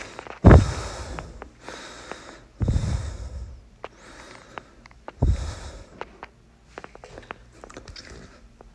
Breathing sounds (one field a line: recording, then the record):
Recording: deep breathing after running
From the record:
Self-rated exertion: light exertion (2 of 6)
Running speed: 8 miles an hour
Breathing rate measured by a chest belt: 25 breaths a minute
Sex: male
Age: 37 years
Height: 174 cm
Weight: 76 kg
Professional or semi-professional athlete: no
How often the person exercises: over 5 times a week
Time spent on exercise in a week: over 5 hours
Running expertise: yes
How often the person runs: 3 to 5 times a week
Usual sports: running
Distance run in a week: 70 km